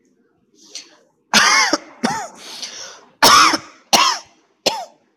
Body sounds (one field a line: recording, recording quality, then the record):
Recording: heavy voluntary cough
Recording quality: excellent, no background noise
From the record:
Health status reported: healthy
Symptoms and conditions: none ticked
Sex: male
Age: 22 years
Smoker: not ticked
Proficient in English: yes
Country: India